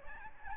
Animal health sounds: mosquito wingbeat signal from an infrared sensor; Aedes albopictus

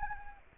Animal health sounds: mosquito wingbeat signal from an infrared sensor; Anopheles arabiensis

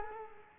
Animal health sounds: mosquito wingbeat signal from an infrared sensor; Culex quinquefasciatus

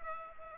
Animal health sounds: mosquito wingbeat signal from an infrared sensor; Culex pipiens

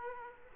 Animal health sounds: mosquito wingbeat signal from an infrared sensor; Aedes aegypti

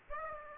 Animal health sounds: mosquito wingbeat signal from an infrared sensor; Aedes aegypti

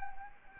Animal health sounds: mosquito wingbeat signal from an infrared sensor; Anopheles arabiensis

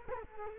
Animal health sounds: mosquito wingbeat signal from an infrared sensor; Culex quinquefasciatus

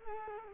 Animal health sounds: mosquito wingbeat signal from an infrared sensor; Culex quinquefasciatus

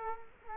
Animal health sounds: mosquito wingbeat signal from an infrared sensor; Culex quinquefasciatus

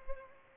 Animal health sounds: mosquito wingbeat signal from an infrared sensor; Culex pipiens

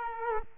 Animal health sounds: mosquito wingbeat signal from an infrared sensor; Culex quinquefasciatus

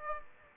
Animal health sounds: mosquito wingbeat signal from an infrared sensor; Aedes aegypti

